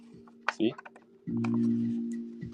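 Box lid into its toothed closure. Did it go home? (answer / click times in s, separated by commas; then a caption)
yes / 0.5 s. The lid of a novelty card and dice box, a mimic-style chest with teeth, is closed, and the teeth lock it into place with a sharp snap at 0.5 s. Someone talks briefly right after, over a steady low hum. The lid is locked shut.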